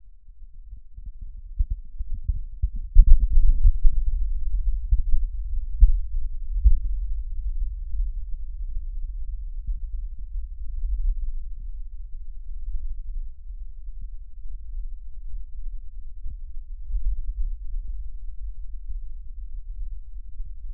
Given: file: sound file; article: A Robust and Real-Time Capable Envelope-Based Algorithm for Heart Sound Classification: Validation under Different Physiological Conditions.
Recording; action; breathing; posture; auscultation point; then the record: heart sounds by electronic stethoscope; rest; normal; sitting; left side of the back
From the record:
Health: healthy, no known heart disease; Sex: male